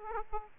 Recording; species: mosquito wingbeat signal from an infrared sensor; Aedes aegypti